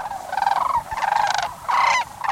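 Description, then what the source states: Sandhill Crane calls, loud rolling trumpeting notes in repeated bursts from a calling pair, over steady background noise. Pair of courting cranes calling in unison at sunrise on a southwestern marsh, leaping and dancing, last days of February as days lengthen into spring.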